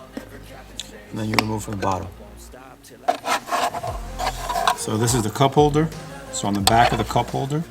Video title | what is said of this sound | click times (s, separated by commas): S2000 Interior Mods - Phone and Cup Holder Installation | and snaps into place. | 0.8 s